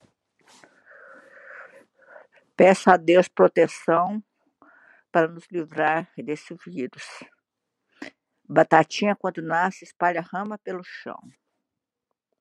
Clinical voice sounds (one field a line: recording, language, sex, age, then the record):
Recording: short text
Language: Brazilian Portuguese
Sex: female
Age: 60 to 69 years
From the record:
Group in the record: control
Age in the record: 68 years